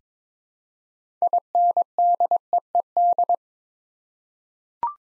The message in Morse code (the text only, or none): INDEED